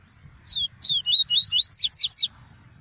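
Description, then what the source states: Double-collared seedeater song: eight sweet whistled notes in rapid succession, early ones descending slurs, later ones steeper and higher pitched. Song of the "tui-tui" variety.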